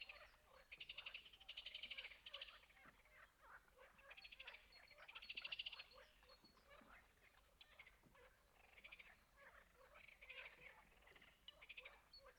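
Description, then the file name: Frog chorus with bursts of rapid pulsed calls swelling and fading every few seconds, several callers overlapping. "Froesche"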